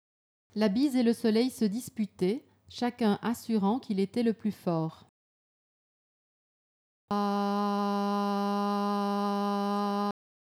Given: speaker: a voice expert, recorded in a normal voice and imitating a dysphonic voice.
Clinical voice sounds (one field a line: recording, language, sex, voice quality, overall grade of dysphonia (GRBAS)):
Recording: read sentence and sustained vowel /a/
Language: French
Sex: female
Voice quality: normal voice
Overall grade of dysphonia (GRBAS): grade 0 of 3